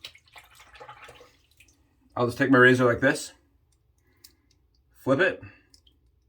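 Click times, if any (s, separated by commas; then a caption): none. Someone talks while handling a vintage 1926 Kriss Kross convertible half-DE shavette/safety razor, with faint handling taps and soft ticks between the speech. The rotating razor head is being flipped to its other position in the handle, but nothing has seated or clicked yet.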